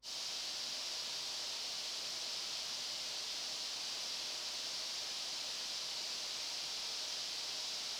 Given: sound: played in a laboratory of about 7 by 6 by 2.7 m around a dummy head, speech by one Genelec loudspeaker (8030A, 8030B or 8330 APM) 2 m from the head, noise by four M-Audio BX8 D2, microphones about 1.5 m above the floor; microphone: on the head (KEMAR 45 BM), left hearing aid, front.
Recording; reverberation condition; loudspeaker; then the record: white noise; high; four, about 170 cm from the corners of the room and facing them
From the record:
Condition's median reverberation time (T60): about 1300 ms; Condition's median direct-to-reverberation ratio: about -4.0 dB